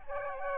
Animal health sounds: mosquito wingbeat signal from an infrared sensor; Aedes aegypti

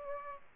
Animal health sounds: mosquito wingbeat signal from an infrared sensor; Aedes aegypti

